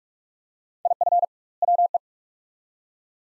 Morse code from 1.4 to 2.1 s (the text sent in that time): WE